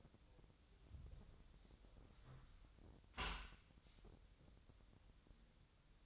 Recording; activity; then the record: daily activity, microphone in the room; close dishwasher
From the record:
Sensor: 3